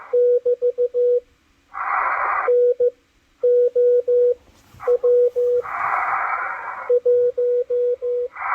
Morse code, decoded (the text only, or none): <BT> NOW 1